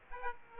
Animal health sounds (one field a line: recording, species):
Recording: mosquito wingbeat signal from an infrared sensor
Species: Aedes aegypti